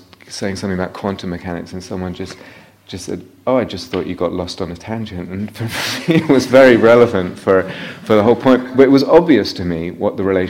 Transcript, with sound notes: I was saying something about quantum mechanics, and someone said, "Oh, I just thought you got lost on a tangent." [laughter] It was very relevant for the whole point, but it was obvious to me what the relationship was;